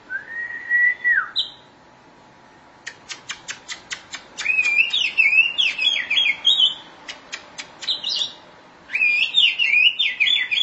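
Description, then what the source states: Oriental magpie-robin giving a falling whistle, then a run of sharp clicking ticks followed by fast warbled whistling phrases, repeated after a pause. Chirping song (kicauan) of the bird.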